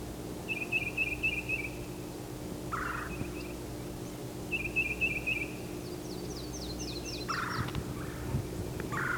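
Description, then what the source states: Titmouse 'peter' calls: short bursts of rapid, clear, high notes repeated several times, with a series of higher falling notes and a low hum behind. 'Peter' calls given in exchange with a banded titmouse, the callers getting closer and coming from the south.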